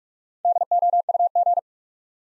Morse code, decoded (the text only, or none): DOUG